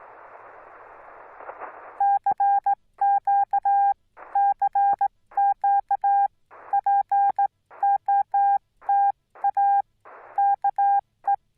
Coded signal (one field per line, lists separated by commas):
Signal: Morse code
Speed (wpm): 16 wpm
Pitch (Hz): 800 Hz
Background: none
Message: CQ CQ POTA KE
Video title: Angels Landing Activation: Morse Code Radio Ops With Minimal Edits